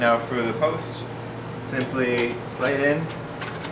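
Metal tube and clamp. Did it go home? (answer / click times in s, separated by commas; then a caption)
no / none. Someone talks while a seat post is being handled for sliding into the seat tube of an Xspec 20 inch folding bike, which has a quick-release clamp. A steady low hum runs underneath, and nothing has seated or clicked yet by the end of the clip.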